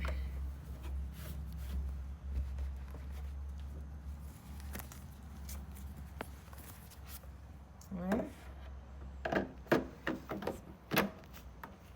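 A removable cleaning-access part is handled at an xTool P2S CO2 laser engraver after its inside has been wiped out with a rag, with a low hum early on, soft rubbing and light taps, and a run of sharper knocks between about 9.2 and 11 seconds. Someone talks briefly. The part has not yet clicked back into place or seated by the end of the clip.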